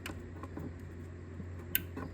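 After the fuel pressure sensor on a Ford Focus ST 2.0 EcoBoost is replaced, the wiring harness connector is pushed onto it over a steady low hum and a few faint ticks. A sharp click at 1.8 s confirms the connector is seated.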